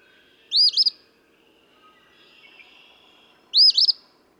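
Eastern phoebe song: two sharp, buzzy, stuttering high phrases about three seconds apart, with quiet background otherwise.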